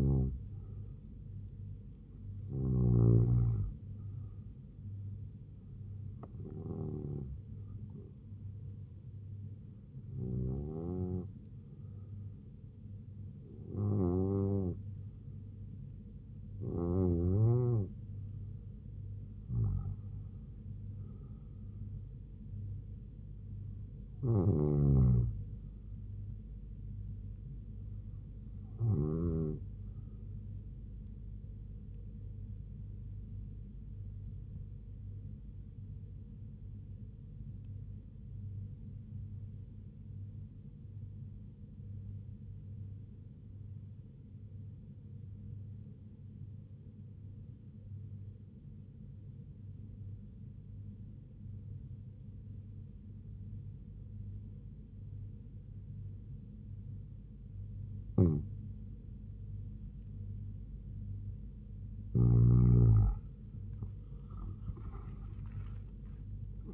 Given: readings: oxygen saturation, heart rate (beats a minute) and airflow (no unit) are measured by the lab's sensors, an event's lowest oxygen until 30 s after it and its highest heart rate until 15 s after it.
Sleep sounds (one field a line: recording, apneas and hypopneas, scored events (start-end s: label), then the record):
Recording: breathing in sleep by a smartphone at the bedside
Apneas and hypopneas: 1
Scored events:
17.00-66.74 s: new sleep stage, REM sleep
35.00-61.30 s: obstructive apnea (REM, oxygen 98% highest, then 91% lowest, heart rate 68 at the start, 87 highest)
From the record:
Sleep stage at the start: N1 (lightest sleep)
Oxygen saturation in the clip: 92 to 98%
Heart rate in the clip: 68 to 75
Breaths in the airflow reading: 12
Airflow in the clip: -4.7 to 7.6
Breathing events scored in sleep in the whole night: 158 in 7.3 hours asleep